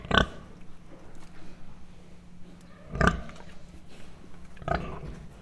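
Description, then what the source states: Mangalica pig uttering three sharp, husky grunts spaced a couple of seconds apart, with a faint steady hum between them. Standard Mangalica pig grunting, recorded close up at Miskolc Zoo in 2009.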